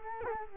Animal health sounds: mosquito wingbeat signal from an infrared sensor; Culex quinquefasciatus

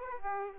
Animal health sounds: mosquito wingbeat signal from an infrared sensor; Aedes aegypti

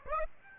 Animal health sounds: mosquito wingbeat signal from an infrared sensor; Aedes aegypti

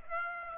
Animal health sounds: mosquito wingbeat signal from an infrared sensor; Aedes aegypti

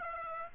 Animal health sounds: mosquito wingbeat signal from an infrared sensor; Aedes aegypti

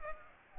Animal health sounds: mosquito wingbeat signal from an infrared sensor; Culex pipiens

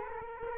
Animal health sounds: mosquito wingbeat signal from an infrared sensor; Culex quinquefasciatus

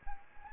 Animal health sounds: mosquito wingbeat signal from an infrared sensor; Anopheles gambiae

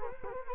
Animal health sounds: mosquito wingbeat signal from an infrared sensor; Culex quinquefasciatus

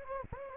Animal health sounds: mosquito wingbeat signal from an infrared sensor; Anopheles gambiae

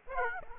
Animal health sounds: mosquito wingbeat signal from an infrared sensor; Aedes aegypti

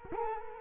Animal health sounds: mosquito wingbeat signal from an infrared sensor; Culex quinquefasciatus

